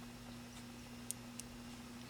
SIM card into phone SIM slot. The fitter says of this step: make sure it click in